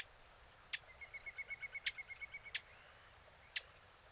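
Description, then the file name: Eurasian blackcap giving five crisp, sharp tack calls, with a quick, even, rattling trill behind them. "Sylvia atricapilla"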